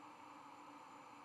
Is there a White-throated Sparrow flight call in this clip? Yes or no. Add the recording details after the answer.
no. No flight call is heard. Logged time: 01:49 on 5 November 2014